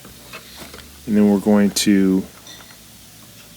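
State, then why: Not seated. A Bosch dishwasher control module is being handled against its plastic console housing and metal frame, where the plastic retaining tabs of the control board housing are meant to click into the console frame. Someone talks over a quiet background, and the clip ends before the part goes home; nothing has seated or clicked yet.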